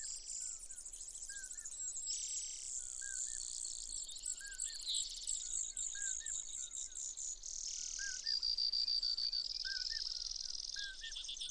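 Brewer's sparrow song, fainter trills and buzzes shifting in speed and pitch, while another bird repeats lower slurred whistles throughout.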